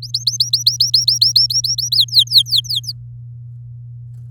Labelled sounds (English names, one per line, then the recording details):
Domestic Canary song
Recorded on 8 May 2018 at 05:34
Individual llb16